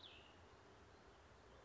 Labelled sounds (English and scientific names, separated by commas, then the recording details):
Cassin's Vireo (Vireo cassinii)
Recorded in Sonoma County, California